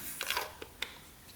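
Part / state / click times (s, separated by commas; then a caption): oiled O-ring engine part into the dirt bike engine / seated / 0.8 s. An oiled engine part fitted with an O-ring is pushed down into a dirt bike engine during reassembly, with brief handling and crinkling noises around 0.2–0.4 s and 0.6 s. A short, sharp click at 0.8 s marks the part locking into place.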